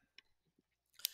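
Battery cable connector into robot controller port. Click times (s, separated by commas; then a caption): 1.1 s. A robot battery cable's plastic connector, which has a little clip, is pushed into the port on the robot's controller brain. Faint handling taps and a small tick at 0.2 s lead into a burst of bright rustling, then a sharp, loud snap at 1.1 s as the clip latches and the connector seats.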